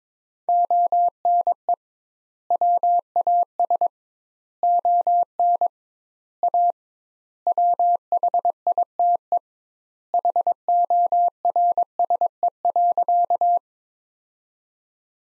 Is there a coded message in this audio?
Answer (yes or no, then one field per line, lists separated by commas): yes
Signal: Morse code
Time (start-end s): 0.5-13.6 s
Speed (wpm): 22 wpm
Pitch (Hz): 700 Hz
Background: none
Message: ONE WAS ON A WHITE HORSE.